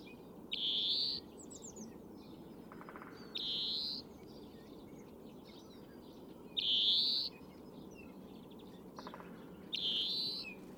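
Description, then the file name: European greenfinch calls: four buzzy, nasal wheezes spaced a few seconds apart, with soft twittering from other birds and a constant low rumble underneath. "Chloris chloris"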